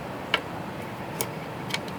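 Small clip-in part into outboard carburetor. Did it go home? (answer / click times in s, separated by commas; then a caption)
yes / 0.3 s. A small clip-in part is pressed by hand into the carburetor of a 1975 Evinrude 40 HP outboard motor during a carb rebuild. A sharp tick at 0.3 s marks the part snapping into place, and two fainter ticks follow at 1.2 s and 1.7 s over a steady low background hiss. The part is seated.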